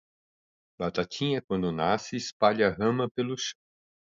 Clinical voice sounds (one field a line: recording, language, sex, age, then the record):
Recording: short text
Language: Brazilian Portuguese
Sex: female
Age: 20 to 29 years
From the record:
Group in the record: control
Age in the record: 28 years